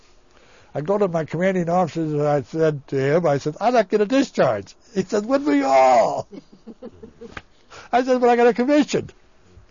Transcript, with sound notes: I go to my commanding officers, and I said to him, I said, "I'd like to get a discharge." He said, "Wouldn't we all." (they laugh) I said, "But I got a commission."